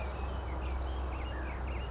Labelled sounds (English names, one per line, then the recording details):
Western Flycatcher
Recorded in Sonoma County, California